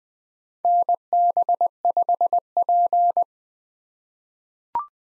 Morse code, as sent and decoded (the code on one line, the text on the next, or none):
-. -... ..... .--.
NB5P